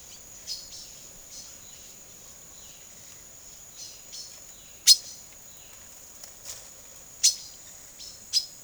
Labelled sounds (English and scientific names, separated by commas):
Silver-beaked Tanager (Ramphocelus carbo), Violaceous Jay (Cyanocorax violaceus)